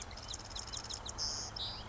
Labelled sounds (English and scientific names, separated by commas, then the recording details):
Marsh Wren (Cistothorus palustris)
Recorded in Sonoma County, California